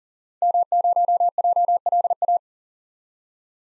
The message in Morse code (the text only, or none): M0JLA